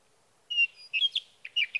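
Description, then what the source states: Sage thrasher song opening with a pure whistled note, followed by a fast tumble of burry, chattering warbles. Male singing through the night near his night roost, evening of June 12 to morning of June 15, 2018, Sierra Valley, California; Swift recorder.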